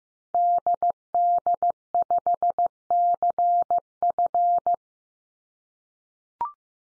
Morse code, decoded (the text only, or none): DD5CF